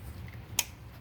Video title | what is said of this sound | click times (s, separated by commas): 2013 Chevrolet Impala cam sensor or stretched timing chain | so now when I'm pushing I should hear a click now | 0.6 s